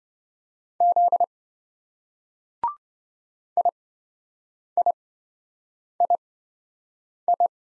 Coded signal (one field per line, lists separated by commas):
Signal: Morse code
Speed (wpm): 28 wpm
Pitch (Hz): 700 Hz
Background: none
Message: Z IIII